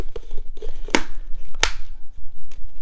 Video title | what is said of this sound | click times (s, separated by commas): Best Mini Vacuum? Saker 3 in 1 Vacuum Cleaner Review | just pop it back in, make sure it's straight, turn it until it clicks, and | 1.0 s, 1.6 s